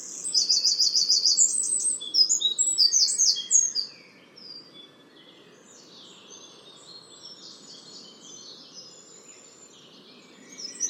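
Bird chirping: high, fast twittering trills and short sweeping notes for about four seconds, then softer scattered chirps over a steady low hiss.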